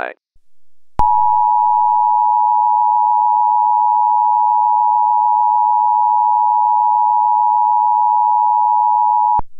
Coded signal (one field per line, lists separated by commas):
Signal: Emergency Alert System (SAME) tones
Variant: 853 and 960 Hz attention tone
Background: speech